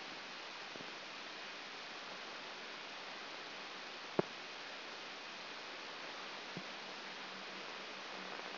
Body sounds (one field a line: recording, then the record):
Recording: brain microelectrode recording played as sound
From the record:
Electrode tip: outside the subthalamic nucleus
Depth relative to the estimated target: -6 mm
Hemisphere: left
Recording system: AlphaMap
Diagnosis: Parkinson's disease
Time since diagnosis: 9 years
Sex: female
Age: 40 years